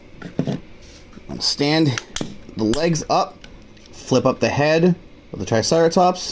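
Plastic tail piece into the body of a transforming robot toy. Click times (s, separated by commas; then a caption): 0.2 s, 0.4 s. The plastic tail piece of a transforming robot toy is flipped up and pushed into the body until it seats, giving two small clicks at 0.2 s and 0.4 s. Someone talks through the rest of the clip.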